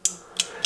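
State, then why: Seated. A steel bolt head for an HK MP5-N is placed over the locking piece on the bolt carrier and rotated counterclockwise, giving a sharp metallic snap at 0.1 s as it locks onto the carrier. Two more short, bright clicks follow at 0.4 s and 0.7 s. The bolt head is seated and locked onto the carrier.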